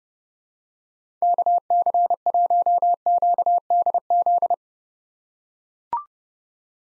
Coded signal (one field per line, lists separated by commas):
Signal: Morse code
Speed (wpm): 32 wpm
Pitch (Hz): 700 Hz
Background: none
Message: KC1QDZ